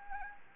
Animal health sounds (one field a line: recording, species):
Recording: mosquito wingbeat signal from an infrared sensor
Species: Anopheles arabiensis